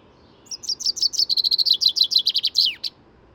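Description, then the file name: Common chaffinch song: a rapid run of bright, chipping notes that steps down in pitch, ending in a sharp downward-sweeping flourish. "Fringilla coelebs"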